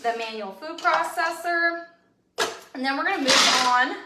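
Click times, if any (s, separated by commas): none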